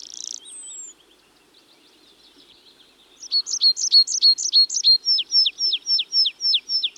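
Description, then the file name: Tree pipit song: after a brief hiss and a couple of seconds of quiet, a steady run of high, clear repeated notes lasting about four seconds. "Tree Pipit (Anthus trivialis)"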